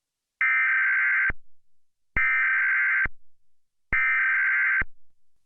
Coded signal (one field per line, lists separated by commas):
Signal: Emergency Alert System (SAME) tones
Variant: header bursts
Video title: EAS Scenario #2 - Seattle Attack